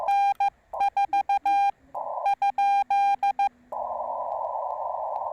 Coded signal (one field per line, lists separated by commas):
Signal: Morse code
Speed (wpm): 14 wpm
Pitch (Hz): 810 Hz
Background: none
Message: N4 ?